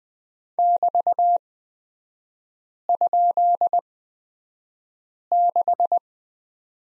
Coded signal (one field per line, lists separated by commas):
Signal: Morse code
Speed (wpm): 20 wpm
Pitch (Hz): 700 Hz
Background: none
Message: <BT>?6